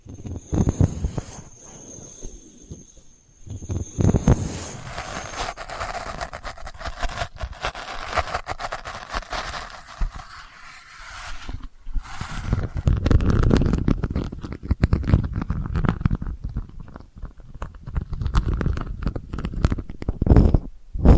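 Delicate scratching goes on unevenly, a dense, rough rustle with a soft low rumble, pausing briefly near four and twelve seconds.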